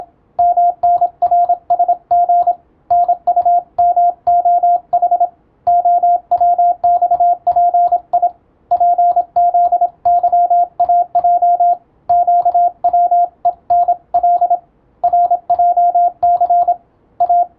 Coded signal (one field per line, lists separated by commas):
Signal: Morse code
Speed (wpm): 27 wpm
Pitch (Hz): 700 Hz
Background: radio noise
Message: MNRSG NUMOH OWXPI PZYAJ QWENL RJC A